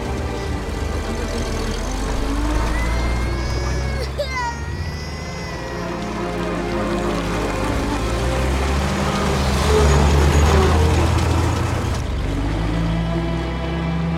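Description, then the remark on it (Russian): A car engine rumbles steadily and swells as the car drives past a checkpoint and away, a low continuous drone with voices and other activity mixed in over it. “Машина проехала пост и уехала.”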